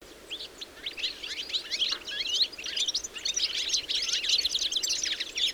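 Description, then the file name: European goldfinch chatter of high, tinkling and rippling notes, starting softer and building into a busy, jumbled twitter. "Carduelis carduelis"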